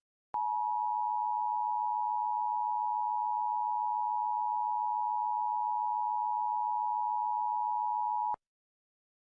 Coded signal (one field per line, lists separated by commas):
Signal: Emergency Alert System (SAME) tones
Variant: 853 and 960 Hz attention tone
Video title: EAS Watch Hurricane Isaias [Fixed]